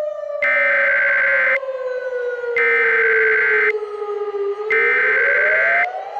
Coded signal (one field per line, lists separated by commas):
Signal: Emergency Alert System (SAME) tones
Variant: header bursts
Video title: [EAS Scenario] Scarce Occurence